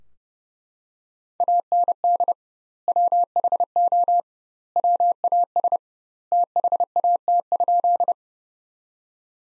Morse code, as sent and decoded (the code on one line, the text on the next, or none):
.- -. -.. / .-- .... --- / .-- .- ... / - .... .- - ..--..
AND WHO WAS THAT?